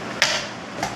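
On a Green Soul Monster Ultimate gaming chair, the height-adjustment lever is pressed to raise the seat and then let go so it locks at that height. A sharp hit sounds at 0.2 s and a softer knock follows at 0.8 s, and the seat locks in place on release.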